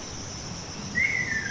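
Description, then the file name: Ruddy kingfisher giving one brief whistled note, with a steady high insect hum behind it. "akashoubin"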